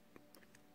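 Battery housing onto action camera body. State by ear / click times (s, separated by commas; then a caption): not seated / none. A plastic battery housing is being handled and fitted back onto a 4K WiFi sports action camera body after the battery has been inserted. A few faint, light plastic ticks are heard, with a slightly louder tick right at the end. Nothing has seated or clicked into place yet.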